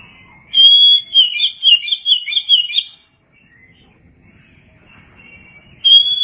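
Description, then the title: Oriental magpie-robin singing a run of fast, sweet warbled notes for about two seconds, then quiet, then a clear whistle starting again at the end. "Suara Kicauan Burung Kacer"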